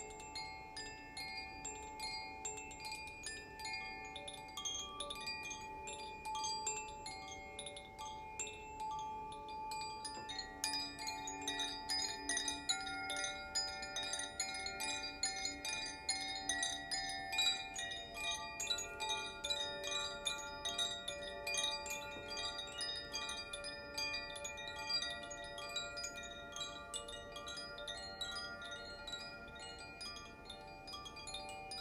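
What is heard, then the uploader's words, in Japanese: Chimes ring continuously through the clip, their bright struck tones layering into long, shimmering sustains. Strikes come in quick, irregular clusters, growing busier and fuller after about ten seconds, with a soft low rumble underneath throughout. コシチャイム #ザフィアチャイム #倍音。チャイムで奏でました。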